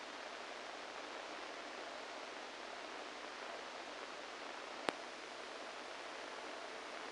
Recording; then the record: brain microelectrode recording played as sound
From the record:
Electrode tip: inside the subthalamic nucleus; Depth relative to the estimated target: 1 mm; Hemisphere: right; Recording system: NeuroSet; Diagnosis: Parkinson's disease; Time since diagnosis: 14 years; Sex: male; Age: 51 years